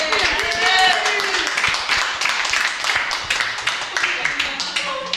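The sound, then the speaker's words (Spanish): A burst of steady crowd applause during the Radio Radiola programme on AM1180 Radio de la Sierra, many hands clapping in a dense, crackling patter for several seconds, with a few voices and whoops rising over it near the start. “un aplauso acá.”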